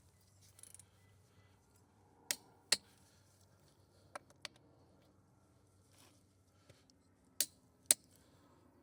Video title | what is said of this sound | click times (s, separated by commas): How to Rotate Tires on a Mercedes Sprinter (Step-by-Step) | I'm going to be quiet here so that you can hear the clicking of the torque wrench. | 2.7 s, 7.9 s